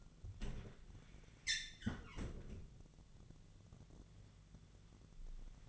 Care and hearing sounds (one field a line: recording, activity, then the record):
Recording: daily activity, microphone in the room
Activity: close fridge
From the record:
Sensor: 4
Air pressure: 1000.9 hPa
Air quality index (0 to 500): 134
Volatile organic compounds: 2 ppm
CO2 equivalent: 992 ppm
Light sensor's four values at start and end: 27/64/27/29 and 29/69/29/31